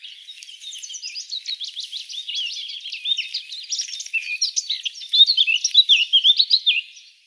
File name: Sylvia atricapilla